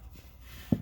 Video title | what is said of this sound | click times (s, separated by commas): 1979 Lincoln Continental Auto temp control and other HVAC Troubleshooting (part 2) | you know this just snaps in place here like that | 0.7 s